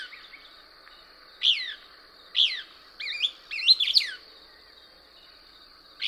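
Couch's Kingbird song: sharp, slurred chattering notes, first spaced about a second apart, then bunched into a quick burst, with one more note at the end, over a steady high-pitched hum.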